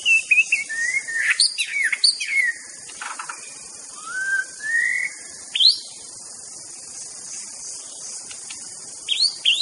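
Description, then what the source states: White-rumped shama song, sweet whistled phrases with rising and falling slurs, separated by pauses, while a high insect chorus drones continuously. Wild bird in forest; original natural song.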